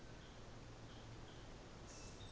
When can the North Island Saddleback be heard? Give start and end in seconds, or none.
0.07-2.32